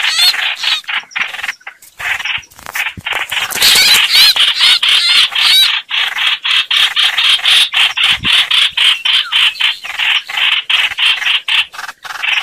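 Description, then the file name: Hoanh hoach bird song: fast, rhythmic chattering bursts with some whistled slurs, continuing steadily for the whole stretch. "Tieng chim hoanh hoach"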